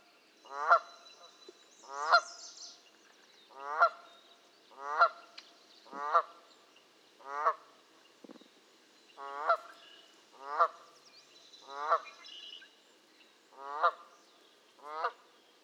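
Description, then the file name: Canada goose honking, a steady series of many nasal honks. "kanadai lud hangja"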